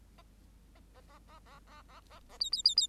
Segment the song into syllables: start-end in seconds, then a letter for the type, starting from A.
0.75-0.80 A, 0.94-1.01 A, 1.08-1.19 A, 1.27-1.39 A, 1.45-1.59 A, 1.67-1.82 A, 1.88-2.00 A, 2.10-2.19 A, 2.29-2.37 A, 2.40-2.50 B, 2.52-2.63 B, 2.64-2.75 B, 2.77-2.87 B